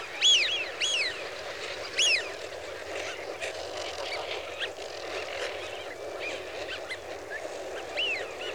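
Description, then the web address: Eurasian wigeon whistling, three loud arched whee-oo calls close together at the start, then fainter scattered whistles from the flock over a hissy background. "The BBC Sound Effects Library. Wigeon (Anas Penelope) Flock"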